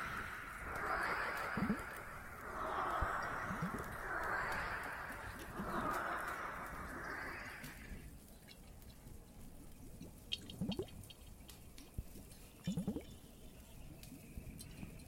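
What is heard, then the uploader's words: Water and a fireplace sound together. For the first eight seconds a bright, wavering rush of water swells and ebbs in repeated surges, then drops away, leaving a low, quieter bed with scattered crackles and a few sharper pops around ten and thirteen seconds. Some more Cave ASMR, Water and Fireplace added.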